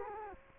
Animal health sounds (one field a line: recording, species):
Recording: mosquito wingbeat signal from an infrared sensor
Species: Culex quinquefasciatus